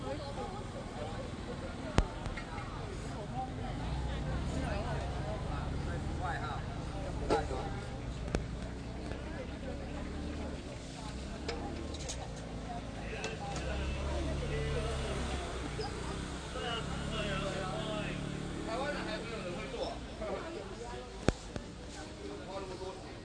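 Busy Taipei street market with overlapping chatter, a steady low rumble of traffic, and sharp clacks near 2 and 21 seconds.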